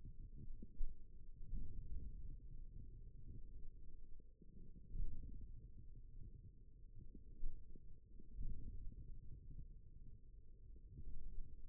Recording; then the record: forearm muscle sounds (acoustic myography)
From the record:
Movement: forearm supination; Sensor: system 1, eight BSWA MPA416 microphones around the upper forearm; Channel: 4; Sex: male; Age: 41 years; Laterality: right